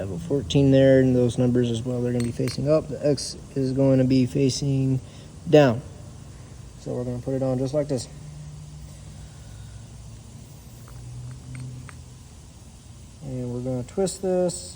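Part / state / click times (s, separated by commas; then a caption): synchro ring onto transmission gear hub / not seated / none. A carbon synchro ring for a Focus ST MMT6 transmission is set onto the gear hub with its numbers facing up and the X facing down, positioned before it is twisted in. Someone talks, with a few faint light clinks of the part near 10.9, 11.6 and 11.9 seconds. Nothing has seated or clicked yet.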